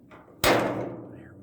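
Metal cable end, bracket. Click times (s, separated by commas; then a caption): 0.4 s. The hood release cable end or its retainer on a Jeep Grand Wagoneer, part of a BJ's Full Size Jeep Parts hood release lever and cable upgrade with billet knob, is pushed down into the release lever bracket and pressed fully home with small pliers. After faint handling noise, a single sharp, loud snap comes at 0.4 s and rings out over the following second. The cable end is popped fully into place in the lever bracket.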